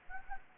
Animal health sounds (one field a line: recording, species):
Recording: mosquito wingbeat signal from an infrared sensor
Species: Anopheles gambiae